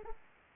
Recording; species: mosquito wingbeat signal from an infrared sensor; Aedes aegypti